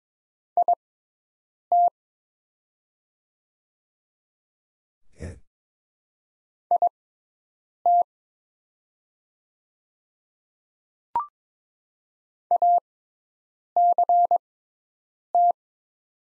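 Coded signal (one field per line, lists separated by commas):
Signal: Morse code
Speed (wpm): 22 wpm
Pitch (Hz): 700 Hz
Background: none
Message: IT IT ACT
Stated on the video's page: Morse practice of the top 200 words at 22 wpm with Farnsworth-style 6x character spacing.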